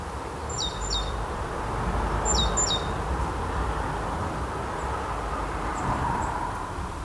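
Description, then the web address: Great tit calls: two short bursts of high two-note figures, each stepping down from a thin high note to a lower one, over steady low rumbling background noise. "SETE Parus major"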